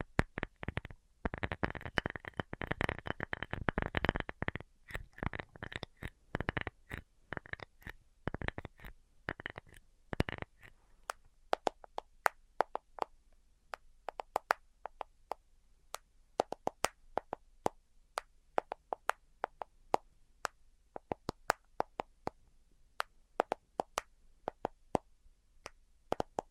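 Rapid tapping fills the first ten seconds, dense and quick with a bright, hollow ring to each hit. After that the taps thin out into crisp, separate knocks at an uneven pace, some soft and some sharper, over near silence with no talking.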